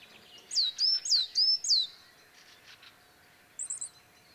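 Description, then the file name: Great tit giving five loud, sharp, high downslurred notes in a rapid even series, then a pause and a short faint burst of thin high notes. "Parus major"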